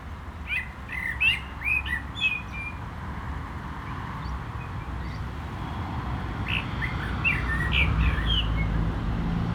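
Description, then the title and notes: Common blackbird song: two warbled, fluting phrases with high thin notes, separated by a pause, over a steady low rumble of traffic. Singing in a barranco at Agaete, Las Palmas, Spain; cars on a road nearby; recorded with DPA-2006c microphones in AB position into a MixPre-3. "Agaete, Las Palmas, Espagne - Blackbird singing in the barranco. Un merle chante dans le barranco, voitures sur la route pas loin"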